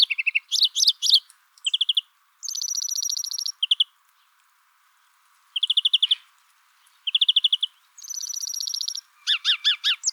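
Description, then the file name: European greenfinch alternating chirpy trill bursts with long drawn-out buzzy wheezes, separated by short silences; rapid twitters close the passage. "Chloris chloris"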